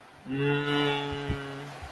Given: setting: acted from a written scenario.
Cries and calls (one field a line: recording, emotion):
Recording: vocal sound without words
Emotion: confusion